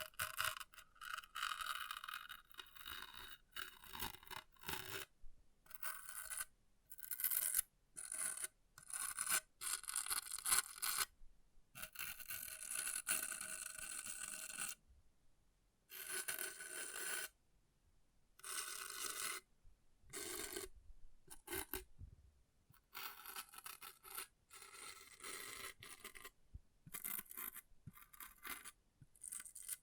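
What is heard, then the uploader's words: Object scratching: bursts of bright, rasping scraping strokes, mostly high-pitched with little low end. The strokes come in irregular runs of a second or two, broken by frequent short silences, with a longer quiet stretch around 15–17 seconds. ASMR Brain Melting Object Scratching (No Talking).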